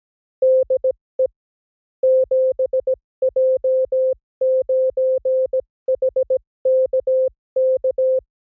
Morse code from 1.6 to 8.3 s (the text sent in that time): 7J9HKK